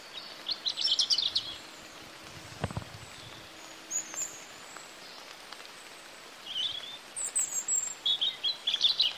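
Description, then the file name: European robin giving high, thin, jumbled twittering phrases at intervals, over a steady hiss with a brief low thump. "Erithacus rubecula"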